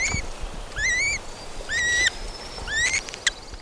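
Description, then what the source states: Red-cockaded Woodpecker nestlings give thin, upslurred squeaky notes in separate bursts about every second, over low background noise. Two nestlings, 5 to 10 days old, taken from a nest 50 feet up in forest for a checkup, stretching and complaining on a towel.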